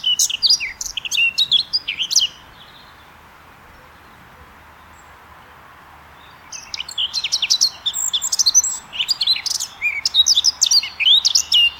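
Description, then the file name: Eurasian blackcap song: a burst of quick, high warbled notes, a silent gap of about four seconds, then a longer run of rapid chattering and whistled phrases. "Sylvia atricapilla"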